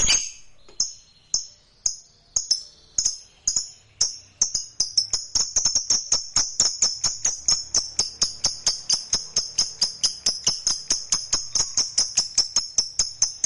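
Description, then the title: Lovebird song starting as spaced shrill chirps, then speeding into a rapid, continuous high chatter of clicky notes that keeps going to the end. "Suara Lovebird"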